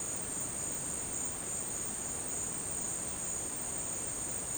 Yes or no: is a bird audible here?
no